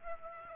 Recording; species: mosquito wingbeat signal from an infrared sensor; Aedes aegypti